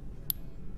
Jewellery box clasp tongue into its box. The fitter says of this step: you just literally slot it in and you hear a little click as it goes in